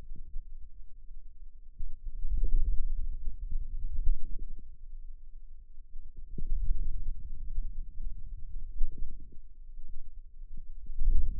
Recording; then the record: forearm muscle sounds (acoustic myography)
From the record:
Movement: ulnar deviation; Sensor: system 2, bracelet of six BSWA MPA416 microphones around the upper forearm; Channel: 6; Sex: male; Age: 22 years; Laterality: right